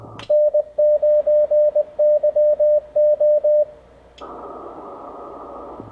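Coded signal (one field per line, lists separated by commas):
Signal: Morse code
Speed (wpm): 20 wpm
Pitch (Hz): 600 Hz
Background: radio noise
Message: N9YO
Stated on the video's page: Morse heard during the CQ Worldwide DX CW contest on an Icom IC-7300 with a Chameleon MPAS antenna.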